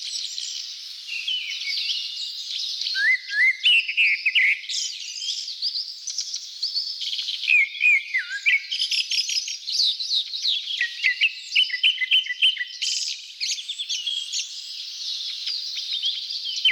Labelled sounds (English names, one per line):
Grey-backed Thrush song